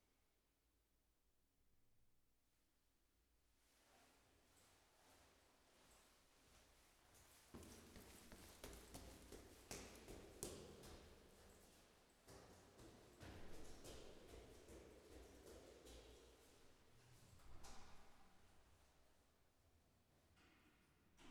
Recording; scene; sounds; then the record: everyday scene through a hearing-aid microphone; reverberant space; background noise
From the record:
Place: staircase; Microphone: behind the ear, left, rear